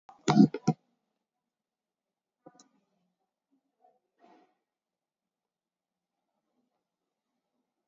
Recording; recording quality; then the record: shallow breathing; poor, much background noise or distortion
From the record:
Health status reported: COVID-19 positive, mild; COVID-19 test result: positive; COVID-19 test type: RT-PCR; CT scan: taken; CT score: 16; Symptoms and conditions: cough, cold, fatigue, diabetes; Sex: male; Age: 43 years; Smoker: no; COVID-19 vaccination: both doses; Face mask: not worn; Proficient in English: yes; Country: India